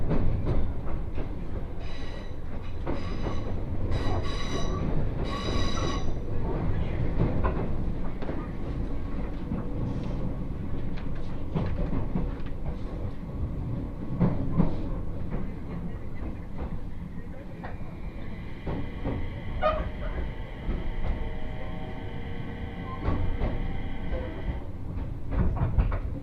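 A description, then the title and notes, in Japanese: A down train on the Tohoku Main Line runs between Kitakami and Morioka, with a steady, dense low rumble and frequent rail clicks throughout. Short bright squeals flare in the first six seconds, and a sustained high whine holds from about eighteen seconds to twenty-five. 東北本線下り 北上→盛岡。701系4両編成。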